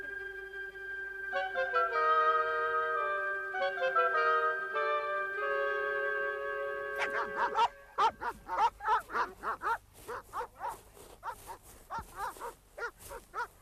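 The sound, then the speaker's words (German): Tracking dogs searching for a scent at a sports field bark in a rapid, steady volley of sharp, loud yaps that follows a stretch of sustained, stepping tones, the barking continuing right to the end. “Die Hunde verlieren die Witterung, sobald sie den Sportplatz verlassen.”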